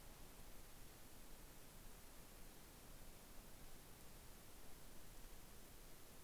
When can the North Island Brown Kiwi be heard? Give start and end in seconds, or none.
none